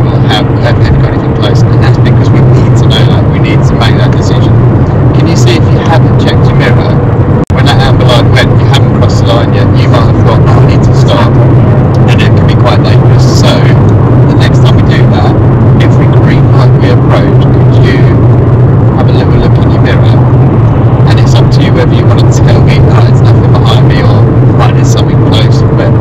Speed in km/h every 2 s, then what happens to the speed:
92, 95, 97, 100, 100, 98, 97, 95, 92, 90, 89, 89, 90.
0-7 speeds up to 100. 7-19 slows to 89. 19-26 steady at about 89.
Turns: none.